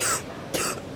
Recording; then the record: coughing mixed with background sound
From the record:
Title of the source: 34 coughing up crap again